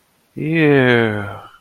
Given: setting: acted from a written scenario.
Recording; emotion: vocal sound without words; disgust